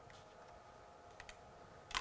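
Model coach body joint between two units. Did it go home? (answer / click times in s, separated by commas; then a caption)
no / none. Two plastic model train units of an APT-E are fitted together at the coach body joint, with one end offered up and slid in. Over a steady low hum, faint light taps come at about 1.2 and 1.3 s, then a louder knock near 2.0 s. The coupling has not clicked into place.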